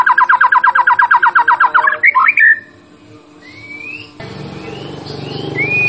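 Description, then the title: White-rumped shama delivering a fast series of repeated notes with a short flourish, then near quiet with faint thin whistles over background noise. Champion bird; masteran training sound. "Masteran Murai Batu Juara"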